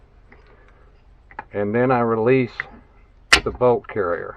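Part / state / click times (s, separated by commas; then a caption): bolt into rifle receiver / not seated / none. While reassembling a Ruger 10/22 .22 semi-auto rifle, a steel bolt is pressed down into the receiver with a thumb as the bolt carrier and handle are about to be released. Faint short taps sound near 0.3, 0.7, 1.3 and 1.4 seconds while someone talks. Nothing has seated or clicked into place yet.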